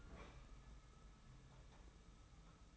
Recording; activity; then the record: daily activity, microphone in the room; open fridge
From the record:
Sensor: 1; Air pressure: 991.0 hPa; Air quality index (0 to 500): 114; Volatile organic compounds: 134 ppm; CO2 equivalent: 3947 ppm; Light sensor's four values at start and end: 19/46/19/21 and 19/46/19/21